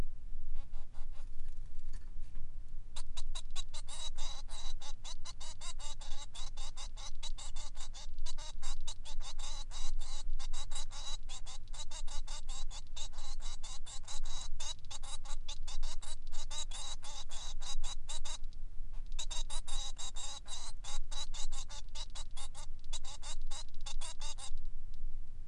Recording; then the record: song of a male Bengalese finch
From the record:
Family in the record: son of father 3